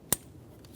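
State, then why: Seated. A plastic wiring harness electrical connector is pushed onto a new camshaft position sensor on a 2008-2017 Mitsubishi Lancer, with its locking tab facing forward. A sharp, bright click at 0.1 s is followed by a faint tick at about 0.7 s. The connector seats and is confirmed with a light tug.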